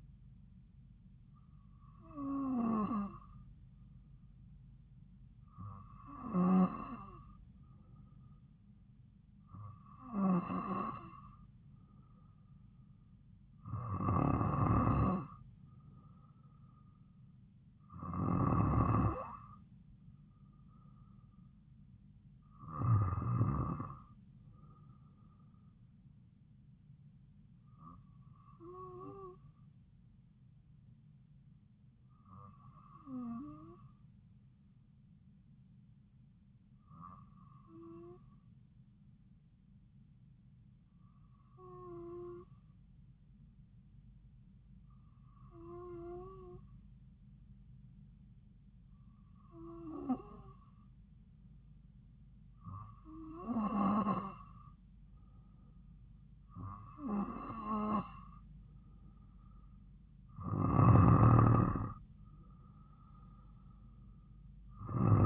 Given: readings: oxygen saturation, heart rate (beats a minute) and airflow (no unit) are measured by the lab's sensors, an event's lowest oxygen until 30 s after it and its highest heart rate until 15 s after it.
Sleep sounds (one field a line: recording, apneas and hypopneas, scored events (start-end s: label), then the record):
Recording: breathing in sleep by a smartphone at the bedside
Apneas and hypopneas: 1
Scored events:
38.00-57.50 s: hypopnea (N2, oxygen 95% highest, then 92% lowest)
From the record:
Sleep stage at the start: N2 (light sleep)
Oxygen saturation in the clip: 93 to 95%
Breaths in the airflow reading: 15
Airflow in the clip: -3.3 to 3.2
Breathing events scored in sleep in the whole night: 270 in 6.1 hours asleep